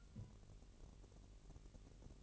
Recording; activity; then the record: daily activity, microphone in the room; take from stove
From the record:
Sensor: 4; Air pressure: 1002.8 hPa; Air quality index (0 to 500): 239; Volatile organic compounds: 10 ppm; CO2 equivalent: 2241 ppm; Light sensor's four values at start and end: 6/14/6/6 and 6/14/6/6